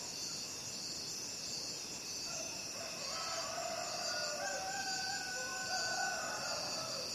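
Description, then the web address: Crickets trill in a steady, high-pitched chorus while drawn-out, wavering calls from another animal sound through the middle and end. Crickets calling at night. "the-sound-pack-tree -night crickets"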